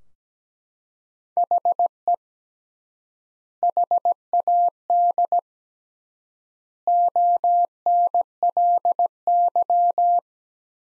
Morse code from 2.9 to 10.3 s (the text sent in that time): HAD ONLY